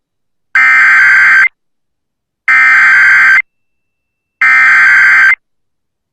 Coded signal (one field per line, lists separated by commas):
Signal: Emergency Alert System (SAME) tones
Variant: header bursts